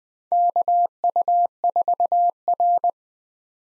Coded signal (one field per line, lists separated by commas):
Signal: Morse code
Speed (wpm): 21 wpm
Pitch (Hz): 700 Hz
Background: none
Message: KU4R